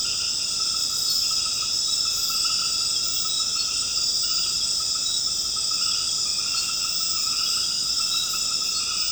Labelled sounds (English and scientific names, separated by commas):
none